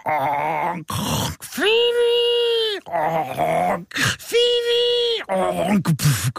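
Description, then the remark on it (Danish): A voice imitates a man snoring: two long, drawn-out groaning snores, each preceded by short raspy, breathy inhales, repeated in a slow rhythm with no other talking. “En ægte mand, der snorker.”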